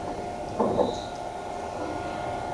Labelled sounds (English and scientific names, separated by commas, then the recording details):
none
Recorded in shrubland near Pivijay, Magdalena, Colombia, on 18 April 2023 at 15:00
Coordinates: 10.453, -74.365
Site P5-G022